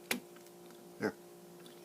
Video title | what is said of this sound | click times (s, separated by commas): Fender Blues Deluxe volume pot mod. | now it's snapped into place now I have to resolder these joints and | 0.1 s